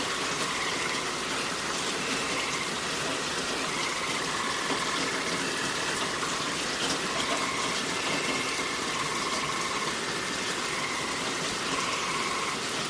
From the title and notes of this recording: Relaxing Rain Sounds & Forest Ambience.